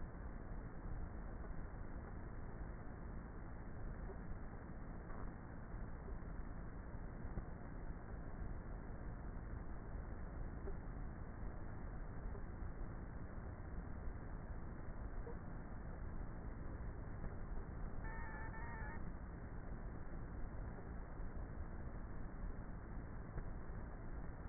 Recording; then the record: honeybee colony, microphone inside the hive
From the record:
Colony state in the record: queenless with a low population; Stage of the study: before two queens were removed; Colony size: about 30,000 bees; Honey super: no